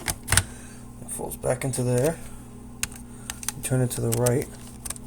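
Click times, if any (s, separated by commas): none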